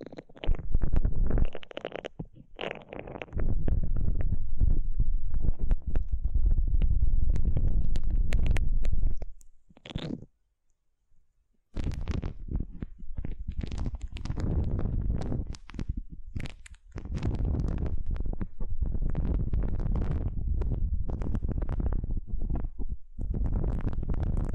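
Slippery, squelching rubs of aloe gel being worked over an ear, dense and continuous with heavy low rumbling and crackly bursts reaching up high. The rubbing pauses briefly near 2, 10 and 16 seconds, with near silence around 10–12 seconds.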